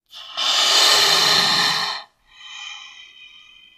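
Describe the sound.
Snake hissing: one loud, breathy hiss lasting nearly two seconds, followed by a softer, fading exhalation with a faint tonal edge.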